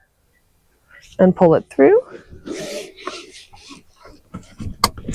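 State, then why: Seated. Someone talks while a vehicle seat belt is pulled through the base of a Baby Jogger City Turn car seat in a Toyota Grand Highlander, with rubbing and rustling as it is drawn along. The seat belt tongue is pushed into the vehicle buckle, and a sharp click sounds at 4.8 s as it latches.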